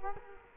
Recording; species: mosquito wingbeat signal from an infrared sensor; Culex quinquefasciatus